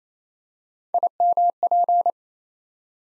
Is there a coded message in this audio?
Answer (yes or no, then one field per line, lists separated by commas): yes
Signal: Morse code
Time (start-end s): 0.9-2.1 s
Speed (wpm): 27 wpm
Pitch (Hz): 700 Hz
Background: none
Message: IMP